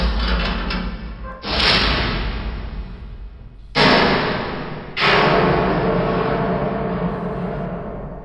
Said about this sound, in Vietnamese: Âm thanh này chắc rằng cửa sắt bên ngoài kia đã bị hạ xuống rồi.